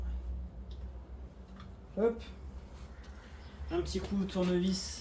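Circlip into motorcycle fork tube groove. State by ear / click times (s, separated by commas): not seated / none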